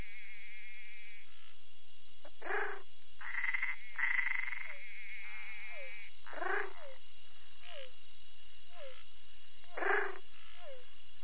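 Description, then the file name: Bokermannohyla luctuosa giving short sharp croaks and brief downward-slurred clucks scattered through, with a quieter buzzy trill in the background. "Bokermannohyla luctuosa"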